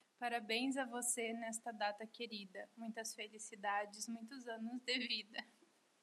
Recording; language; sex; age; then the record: short text; Brazilian Portuguese; female; 20 to 29 years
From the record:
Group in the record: control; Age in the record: 28 years